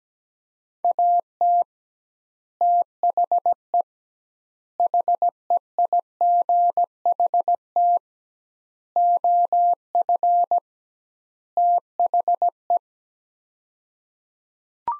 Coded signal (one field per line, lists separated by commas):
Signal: Morse code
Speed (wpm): 17 wpm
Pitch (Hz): 700 Hz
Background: none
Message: AT THE HEIGHT OF THE